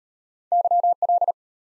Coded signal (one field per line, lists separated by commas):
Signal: Morse code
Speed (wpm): 32 wpm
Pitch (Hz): 700 Hz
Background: none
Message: YL